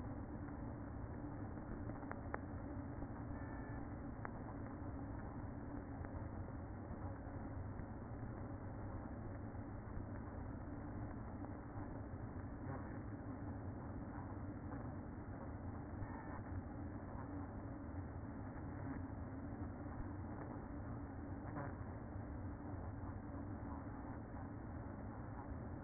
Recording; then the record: honeybee colony, microphone inside the hive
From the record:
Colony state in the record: queen present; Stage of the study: after two queens were removed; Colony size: about 60,000 bees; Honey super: yes